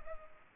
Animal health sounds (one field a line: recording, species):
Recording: mosquito wingbeat signal from an infrared sensor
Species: Culex pipiens